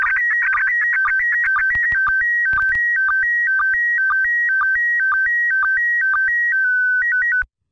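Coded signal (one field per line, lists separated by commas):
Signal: SSTV (slow-scan television)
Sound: warbling electronic tone hopping between two pitches, with regular short low chirps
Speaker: I've left the entire transmission in this video with no audio edited or spoken over so if you want to you can replay that transmission and decode it yourself using an application like mm SS T V yourself now this is the picture this is the first picture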